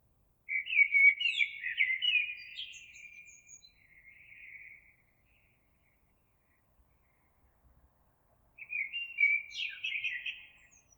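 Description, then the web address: Eurasian blackbird singing two separate fluty warbled phrases with high twittering ends, separated by several seconds of quiet. Recorded 26 April 2022. "oiseaux Merle 2022 04 26"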